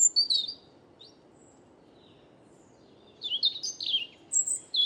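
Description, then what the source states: European robin singing thin, high phrases: a short phrase at the start, a pause, then a longer series of phrases near the end. First autumn robin songs of the season, Bois de Vincennes, 30 September 2018, windless, cloudless morning; Nagra Seven with Wildtronic parabolic microphone, mono.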